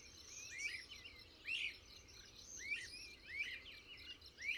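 Bird song, short bright downslurred phrases repeated several times over a faint hiss.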